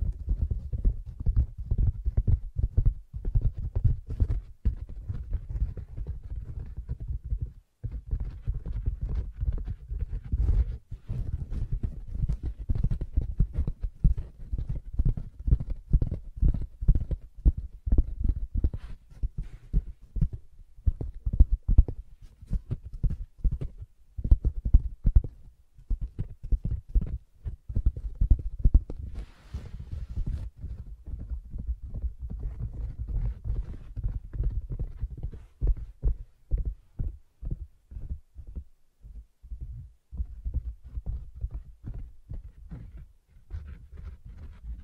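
Soft tapping and scratching on a fabric surface, a dense, fairly regular run of muffled taps with a low, padded thump to each. Occasional brighter scratchy strokes cut in, notably around 29 seconds, and brief pauses break the rhythm throughout.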